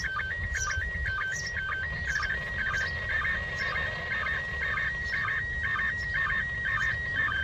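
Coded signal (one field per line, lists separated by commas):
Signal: SSTV (slow-scan television)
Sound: warbling, chirping tone with a steady rhythmic beat about twice a second, under hiss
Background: radio static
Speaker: this was a pretty impressive receipt when you think about it uh considering that it's now close to 40 degrees in altitude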